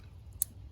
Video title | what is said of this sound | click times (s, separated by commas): How to Replace Purge Valve Volkswagen Passat | Listen for it to click, just like that. | 0.4 s